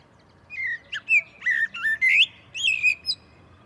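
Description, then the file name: Common blackbird song, a rich run of fluty whistled notes rising and falling, ending in high squeaky twitters. "Turdus merula"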